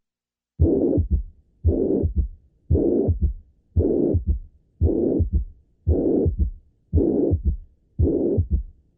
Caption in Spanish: La insuficiencia mitral es relativamente grave, suele haber un tercer ruido cardíaco.